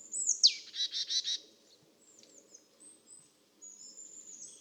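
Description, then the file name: Marsh Tit call: a sharp descending note followed by three quick buzzy, nasal notes, then faint thin high notes. "Poecile palustris"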